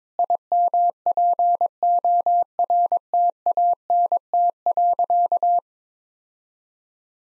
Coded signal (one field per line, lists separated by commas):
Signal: Morse code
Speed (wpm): 22 wpm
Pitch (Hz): 700 Hz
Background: none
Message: IMPORTANT.